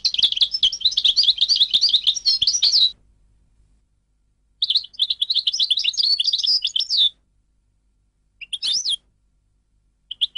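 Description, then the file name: European goldfinch song in long, bright twittering bursts separated by pauses, followed by a few short, clipped notes. "audio burung goldfinch"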